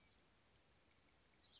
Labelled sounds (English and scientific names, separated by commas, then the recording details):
Cassin's Vireo (Vireo cassinii)
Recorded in Sonoma County, California